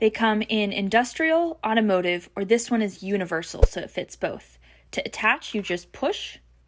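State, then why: Not seated. Someone talks while a metal air plug on a tool is handled at the universal quick-connect coupler on an air compressor hose, a coupler that fits both industrial and automotive plugs. The plug is about to be pushed in to lock, but the clip ends before it goes home, so nothing has seated or clicked yet.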